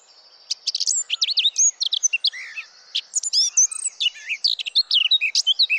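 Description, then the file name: Eurasian blackcap song: a fast, rich warble of varied whistled and scratchy notes that jump quickly between high and very high pitches and continue almost without pause. "Sylvia atricapilla"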